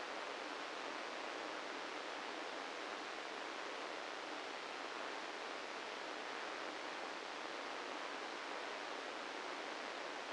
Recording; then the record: brain microelectrode recording played as sound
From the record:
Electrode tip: inside the subthalamic nucleus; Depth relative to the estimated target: -3 mm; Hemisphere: left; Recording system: NeuroSet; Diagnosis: Parkinson's disease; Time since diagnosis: 13 years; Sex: male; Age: 65 years